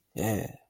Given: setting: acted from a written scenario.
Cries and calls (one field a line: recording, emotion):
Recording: vocal sound without words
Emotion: pride